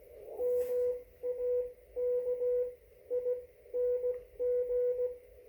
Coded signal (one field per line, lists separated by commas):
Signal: Morse code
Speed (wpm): 15 wpm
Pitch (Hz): 490 Hz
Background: none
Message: MAKING